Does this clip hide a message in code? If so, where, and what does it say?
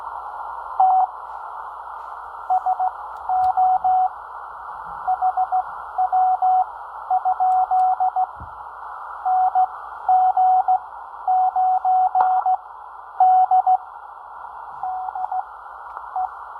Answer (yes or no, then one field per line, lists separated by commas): yes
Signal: Morse code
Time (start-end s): 0.8-16.3 s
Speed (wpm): 16 wpm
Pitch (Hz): 740 Hz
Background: radio noise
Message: T SO HW? NG9D DE